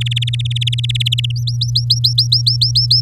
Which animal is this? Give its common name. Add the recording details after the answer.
Domestic Canary. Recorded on 8 May 2018 at 19:48. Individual llb16